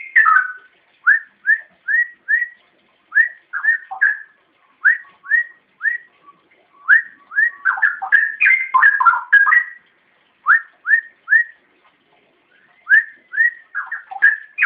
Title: Kicau Kacer Durasi Panjang 1jam Lebih